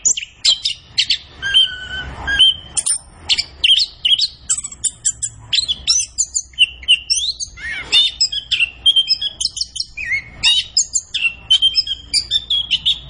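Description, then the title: Orange-headed thrush delivering a long, energetic song of high chirps, whistled slurs and trills in steady rapid succession. Kept songbird singing gacor (in full, vigorous song), used as masteran to train other birds in Indonesian songbird keeping (kicau mania). "Anis Kembang Gacor. Kicau Mania Masteran Anis Kembang"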